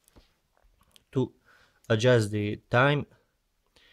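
The screw-less crown of a Casio Edifice EFR 559 quartz wristwatch is pulled out of its steel case to set the time, giving two faint, sharp clicks at about 0.1 s and 1.0 s as it seats into its first and then its second detent position. Someone talks over the rest of the clip.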